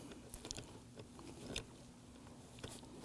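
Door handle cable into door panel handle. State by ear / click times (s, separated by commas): not seated / none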